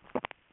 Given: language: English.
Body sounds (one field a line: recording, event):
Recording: throat vibration sensor signal played as sound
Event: swallow